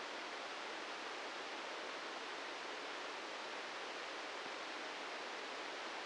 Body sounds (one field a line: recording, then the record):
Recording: brain microelectrode recording played as sound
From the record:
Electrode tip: inside the subthalamic nucleus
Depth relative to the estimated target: 0 mm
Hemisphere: right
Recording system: NeuroSet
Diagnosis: Parkinson's disease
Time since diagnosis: 13 years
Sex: male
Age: 63 years